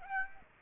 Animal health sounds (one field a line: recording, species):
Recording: mosquito wingbeat signal from an infrared sensor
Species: Aedes aegypti